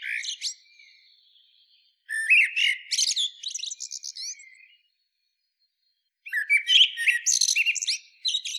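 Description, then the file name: Eurasian blackbird song: phrases of low whistled notes running into high squeaky twitters, separated by short pauses. "Turdus merula"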